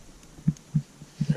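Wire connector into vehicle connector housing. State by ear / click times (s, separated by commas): not seated / none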